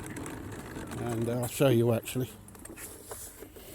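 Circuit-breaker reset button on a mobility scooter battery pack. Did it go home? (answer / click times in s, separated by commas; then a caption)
yes / 2.5 s, 2.7 s. Someone talks, then presses the small circuit-breaker reset button under a white rubber cover on the battery pack of a Go Go Elite Traveller mobility scooter, a breaker that trips when overloaded. Two short clicks are heard at about 2.6 s and 2.7 s as the button seats back in.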